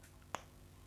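A small transparent plastic clip that holds two acrylic display case sections together is snapped on against a quiet background. A sharp, bright click sounds at 0.3 s, and the clip seats.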